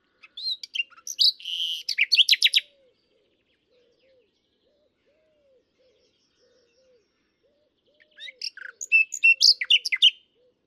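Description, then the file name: Common nightingale song: two phrases of fast, varied chirps and trills separated by about five seconds of quiet. "Luscinia megarhynchos"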